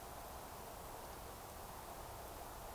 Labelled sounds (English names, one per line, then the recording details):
Eurasian Woodcock whistle
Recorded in Baden-Württemberg, Germany, on 15 June 2020 at 02:24 UTC
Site 43791, 788 m above sea level